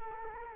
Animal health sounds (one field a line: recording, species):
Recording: mosquito wingbeat signal from an infrared sensor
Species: Culex quinquefasciatus